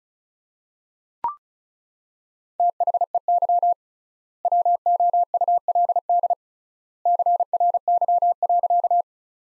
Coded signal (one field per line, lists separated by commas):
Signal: Morse code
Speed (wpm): 34 wpm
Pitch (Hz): 700 Hz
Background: none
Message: THEY WOULD CRY.